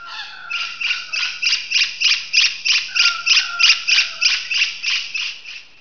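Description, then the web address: Bird calls: a steady run of harsh, harmonic, slightly downslurred notes, about three per second, held throughout with little else heard. "特酷声音素材库 动物 鸟 Bird"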